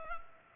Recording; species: mosquito wingbeat signal from an infrared sensor; Culex pipiens